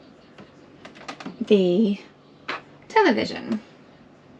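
A mirror-backed swivel television panel is handled on its wall mount before its lock at the back engages, with a few faint short knocks and taps between 0.4 and 1.3 seconds while someone talks. Nothing has seated or clicked into place yet.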